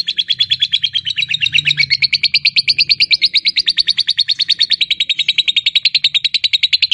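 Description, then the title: Lovebird ngekek song: continuous, fast, buzzy chattering notes repeated at an even pace without a break, with a faint low hum beneath. Fighter lovebird performing a long ngekek, a drawn-out chattering song. "Begitu Dengar Suara Lovebird FIGHTER NGEKEK PANJANG"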